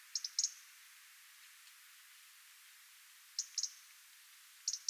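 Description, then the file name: European robin tick calls, a few sharp high clicks in small groups, spaced by quiet pauses. "Erithacus rubecula"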